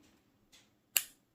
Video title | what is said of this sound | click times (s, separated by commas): Birthday Fountain Pen! Diplomat Aero Stripes | and locks in place very nicely it is one of the most satisfying | 1.0 s